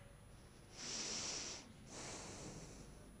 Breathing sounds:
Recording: one breath in and out by a microphone near the nose and mouth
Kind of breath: deep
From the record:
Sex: male

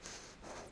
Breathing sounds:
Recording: one breath in and out by a microphone near the nose and mouth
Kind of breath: strong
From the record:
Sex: female

